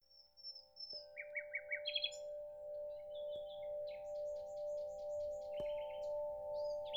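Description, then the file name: Common nightingale song: a long pure whistle, then a burst of repeated notes and varied high phrases, over a steady low hum. "Nachtigall"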